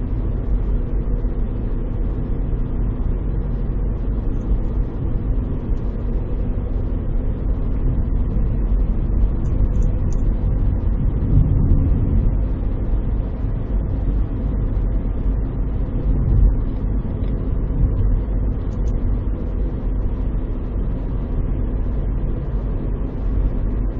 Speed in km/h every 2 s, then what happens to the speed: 52, 52, 52, 54, 55, 55, 56, 55, 54, 53, 53, 53.
0-24 steady at about 53.